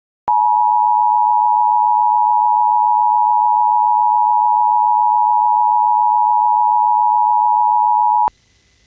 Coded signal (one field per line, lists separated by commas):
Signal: Emergency Alert System (SAME) tones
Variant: 853 and 960 Hz attention tone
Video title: EAS #719 Immediate Evacuation